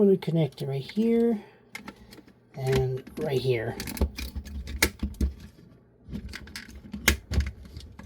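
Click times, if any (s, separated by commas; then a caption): 4.8 s, 7.1 s. Someone talks while plastic transforming-robot toy parts are lined up, straightened and pushed together at two connection points, fitting a limb connector into the combiner body socket to assemble combiner mode with an upgrade chest plate. Sharp plastic clicks ring out at 4.8 s and 7.1 s as the joints seat firmly into place.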